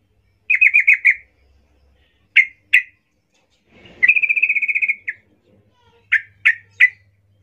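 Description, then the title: Yellow-vented Bulbul song: a rapid stuttering phrase, two sharp notes, a longer fast chattered trill, then three crisp separate notes at the end. Local name trucuk; vigorously singing (gacor) bird used as a lure (pancingan), described as ropel ngalas, to make other trucuk birds sing. "GACOR Ropel Ngalas Pancingan Trucukan Agar Bunyi Jadikan Burung Trucuk"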